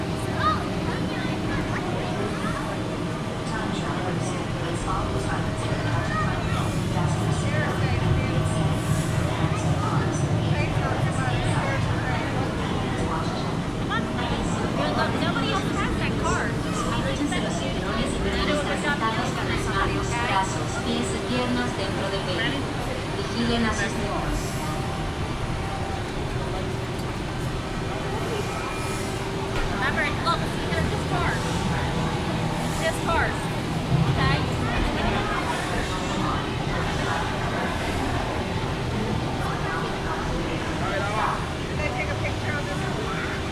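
A walk through Animal Kingdom with a steady crowd murmur of overlapping voices, a low rumble underneath, and scattered clinks and taps throughout.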